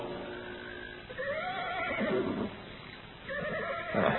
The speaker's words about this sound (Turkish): At da kişneyip tepinmeye başladı.